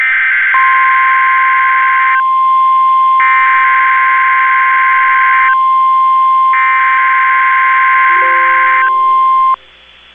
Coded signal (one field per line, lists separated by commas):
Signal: Emergency Alert System (SAME) tones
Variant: 1050 Hz attention tone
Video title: TESTS AND MARINE WARNINGS | EAS Alerts from 2/3/21 - 2/6/21 (EAS #167-178)